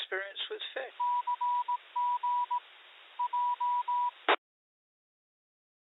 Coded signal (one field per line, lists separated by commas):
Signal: Morse code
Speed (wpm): 18 wpm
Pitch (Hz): 980 Hz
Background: speech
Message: CG J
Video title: HAM Radio VHF (2m)